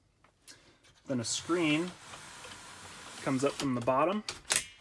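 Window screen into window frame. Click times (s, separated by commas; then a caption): 4.6 s. A window screen is slid up from the bottom into the window frame of a 2022 Valiant XTD Overland Squaredrop while someone talks. A short, sharp click at 4.6 s is the screen locking into place.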